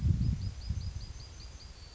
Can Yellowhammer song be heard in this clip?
yes